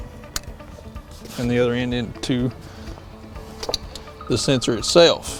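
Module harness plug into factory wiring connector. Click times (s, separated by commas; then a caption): 0.4 s. The male plug of a TS Performance EcoPro module's turbo boost sensor harness is pushed into the factory wiring connector of a 2011–2014 Ford EcoBoost truck. A sharp click sounds at 0.4 s as the connector seats, then someone talks.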